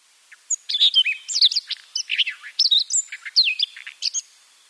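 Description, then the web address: Siberian rubythroat song, a hurried jumble of high whistled notes, rasping chirps and quick slurred phrases lasting about four seconds. "Schulze Peter Siberian Rubythroat song"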